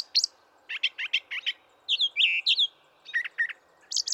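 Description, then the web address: Brown thrasher song: short bursts of paired notes, rapid chips, then slurred whistled phrases, each group repeated before changing. "birdsongforthecurious Brown Thrasher"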